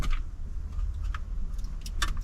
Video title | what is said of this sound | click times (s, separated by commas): I Upgraded My 2018 F-150 With a 12" Screen... Worth It? | There we go. We heard a We heard a click. We heard a click. | 2.0 s